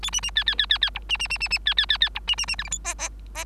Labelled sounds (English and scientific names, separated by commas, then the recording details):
Bengalese Finch (Lonchura striata domestica) song
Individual Bird3